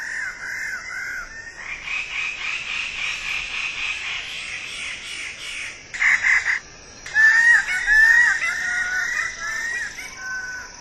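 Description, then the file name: Wallace's standardwing giving harsh, nasal, crow-like notes in uneven series, some grating and drawn out, over a steady high insect drone. "suara burung bidadari"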